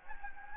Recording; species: mosquito wingbeat signal from an infrared sensor; Anopheles gambiae